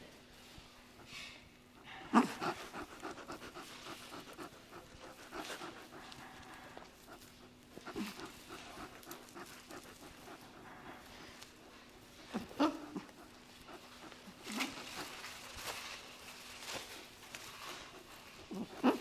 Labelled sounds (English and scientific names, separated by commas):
Indian Crested Porcupine (Hystrix indica) call